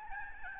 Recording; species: mosquito wingbeat signal from an infrared sensor; Aedes albopictus